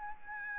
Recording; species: mosquito wingbeat signal from an infrared sensor; Aedes albopictus